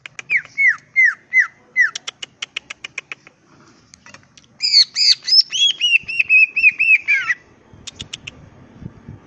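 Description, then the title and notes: Greater green leafbird song: repeated falling whistles, a quick burst of clicks, then a dense, looping warble that ends with a few sharp ticks. Singing vigorously (gacor) with ngentrok song style and raised crest (jambul nembak); melodious song described as suitable as a master recording for training leafbirds. "Cucak Ijo Gacor Ngentrok Jambul Nembak. suara burung cucak ijo gacor, merdu cocok buat masteran burung cucak ijo"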